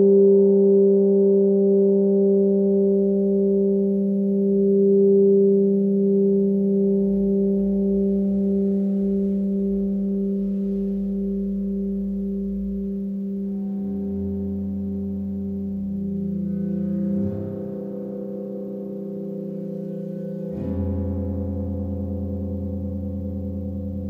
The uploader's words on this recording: 30 mins Gong meditation.